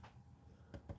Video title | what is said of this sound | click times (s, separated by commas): Live Unboxing of something 1/6 or Hot Toys Discussion part 2 | no it's definitely snapped in | 0.7 s, 0.9 s